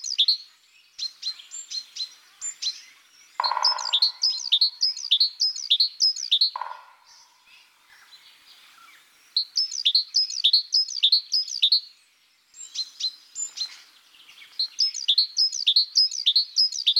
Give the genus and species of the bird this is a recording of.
Parus major